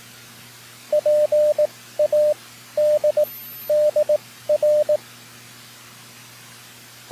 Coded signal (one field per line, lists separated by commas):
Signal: Morse code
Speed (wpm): 19 wpm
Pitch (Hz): 600 Hz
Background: radio noise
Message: PADDR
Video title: N3ZN Session 9-7-2025 #hamradio #cw #morsecode #pota #skcc #keys